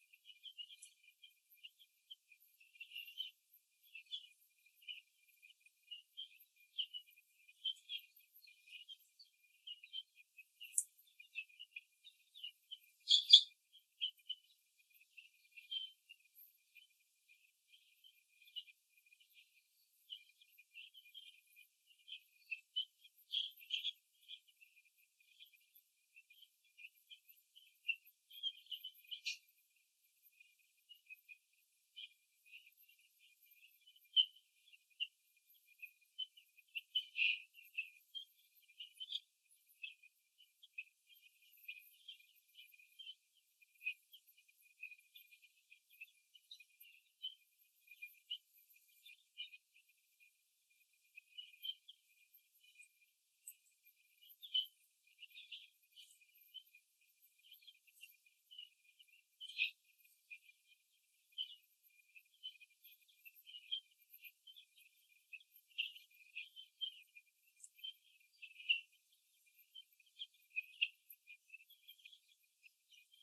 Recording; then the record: young laying hens in a cage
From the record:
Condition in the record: before the stressor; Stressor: simulated dog barking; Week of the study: 2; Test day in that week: 3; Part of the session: 2